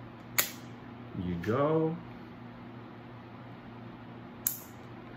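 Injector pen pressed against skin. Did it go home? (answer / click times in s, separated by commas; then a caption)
yes / 4.5 s. A pen injector is pressed against pinched skin of the abdomen or thigh. A sharp transient sounds at 0.4 s, someone talks briefly around 1.2–1.9 s, and the pen gives its click at 4.5 s, confirming the injection.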